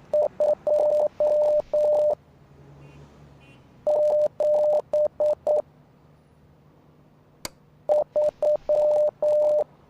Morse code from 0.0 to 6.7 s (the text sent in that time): 2 7